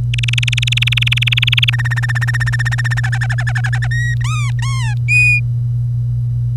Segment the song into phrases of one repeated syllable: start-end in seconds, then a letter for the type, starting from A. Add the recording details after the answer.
0.14-1.70 A, 1.73-3.00 B, 3.03-3.87 C, 3.91-4.14 D, 4.21-4.95 E, 5.08-5.40 F. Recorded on 25 April 2018 at 07:57. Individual llb3